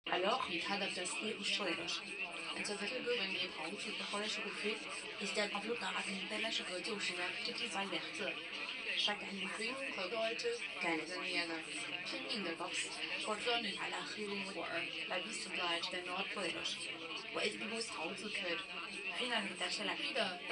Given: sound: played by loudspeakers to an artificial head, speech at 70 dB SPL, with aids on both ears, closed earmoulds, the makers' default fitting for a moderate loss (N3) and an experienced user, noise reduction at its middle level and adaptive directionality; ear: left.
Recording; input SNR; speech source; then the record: speech test signal (ISTS) in cocktail-party noise; +6 dB; on the right (90 degrees)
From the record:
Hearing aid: class 2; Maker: C